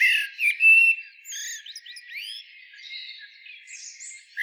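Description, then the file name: Eurasian blackbird giving a brief fluted whistle followed by faint, thin high squeaks and soft trailing notes. "Turdus merula"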